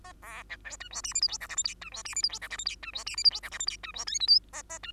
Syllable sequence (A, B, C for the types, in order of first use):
A B C D E F G H I J K L M N E F G H I J K L M N E F G H I J K L M N E F O P Q A A E